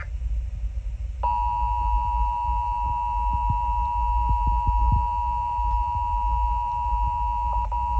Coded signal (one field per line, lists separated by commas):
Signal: Emergency Alert System (SAME) tones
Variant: 853 and 960 Hz attention tone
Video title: EAS - Tornado Warning 07/16/2023